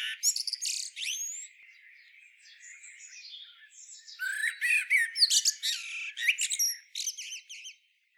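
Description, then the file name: Common blackbird giving high squeaky, chattering notes, one burst at the start and a longer, busier run of shrill twitters in the second half. "Turdus merula"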